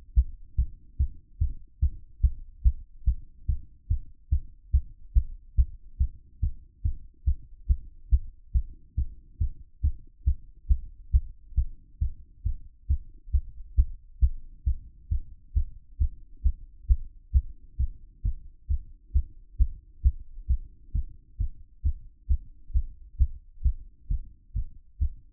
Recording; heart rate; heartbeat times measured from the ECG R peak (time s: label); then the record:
heart sounds by stethoscope; 136 bpm
0.14 s: heartbeat
0.55 s: heartbeat
0.97 s: heartbeat
1.38 s: heartbeat
1.79 s: heartbeat
2.21 s: heartbeat
2.62 s: heartbeat
3.04 s: heartbeat
3.46 s: heartbeat
3.87 s: heartbeat
4.29 s: heartbeat
4.71 s: heartbeat
5.13 s: heartbeat
5.55 s: heartbeat
5.97 s: heartbeat
6.40 s: heartbeat
6.82 s: heartbeat
7.24 s: heartbeat
7.67 s: heartbeat
8.09 s: heartbeat
8.52 s: heartbeat
8.95 s: heartbeat
9.38 s: heartbeat
9.81 s: heartbeat
10.24 s: heartbeat
10.67 s: heartbeat
11.11 s: heartbeat
11.54 s: heartbeat
11.99 s: heartbeat
12.43 s: heartbeat
12.87 s: heartbeat
13.31 s: heartbeat
13.75 s: heartbeat
14.19 s: heartbeat
14.64 s: heartbeat
15.08 s: heartbeat
15.53 s: heartbeat
15.98 s: heartbeat
16.42 s: heartbeat
16.87 s: heartbeat
17.31 s: heartbeat
17.77 s: heartbeat
18.22 s: heartbeat
18.67 s: heartbeat
19.12 s: heartbeat
19.57 s: heartbeat
20.01 s: heartbeat
20.47 s: heartbeat
20.92 s: heartbeat
21.37 s: heartbeat
21.82 s: heartbeat
22.27 s: heartbeat
22.72 s: heartbeat
23.17 s: heartbeat
23.62 s: heartbeat
24.07 s: heartbeat
24.53 s: heartbeat
24.98 s: heartbeat
From the record:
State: after exercise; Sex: male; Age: 37 years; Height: 180 cm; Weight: 87 kg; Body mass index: 26.85